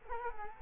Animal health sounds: mosquito wingbeat signal from an infrared sensor; Culex quinquefasciatus

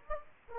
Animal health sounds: mosquito wingbeat signal from an infrared sensor; Aedes aegypti

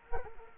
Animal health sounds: mosquito wingbeat signal from an infrared sensor; Culex quinquefasciatus

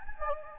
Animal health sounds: mosquito wingbeat signal from an infrared sensor; Anopheles gambiae

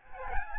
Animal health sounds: mosquito wingbeat signal from an infrared sensor; Aedes albopictus

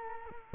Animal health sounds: mosquito wingbeat signal from an infrared sensor; Culex quinquefasciatus

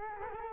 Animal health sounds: mosquito wingbeat signal from an infrared sensor; Culex quinquefasciatus

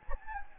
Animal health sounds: mosquito wingbeat signal from an infrared sensor; Anopheles gambiae

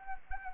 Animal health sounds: mosquito wingbeat signal from an infrared sensor; Anopheles arabiensis

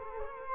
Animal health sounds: mosquito wingbeat signal from an infrared sensor; Culex quinquefasciatus

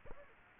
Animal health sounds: mosquito wingbeat signal from an infrared sensor; Aedes aegypti

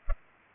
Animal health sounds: mosquito wingbeat signal from an infrared sensor; Culex pipiens

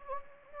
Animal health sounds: mosquito wingbeat signal from an infrared sensor; Anopheles gambiae

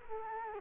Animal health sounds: mosquito wingbeat signal from an infrared sensor; Culex quinquefasciatus

